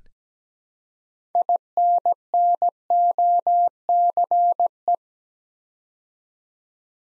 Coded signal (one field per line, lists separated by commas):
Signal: Morse code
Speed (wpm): 17 wpm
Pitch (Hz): 700 Hz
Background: none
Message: INNOCE